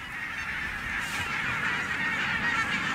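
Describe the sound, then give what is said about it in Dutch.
A large flock of geese flying overhead honks steadily throughout, a dense, overlapping chorus of nasal calls that stays loud and continuous with no talking. “Tenminste, als we nog over de ganzen heen komen.”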